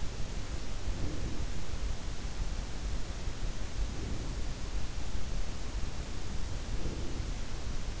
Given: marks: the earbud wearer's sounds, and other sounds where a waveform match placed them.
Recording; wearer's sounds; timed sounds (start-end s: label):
sounds in sleep by an in-ear microphone; breath
0.79-1.72 s: breath
3.72-4.57 s: breath
6.61-7.57 s: breath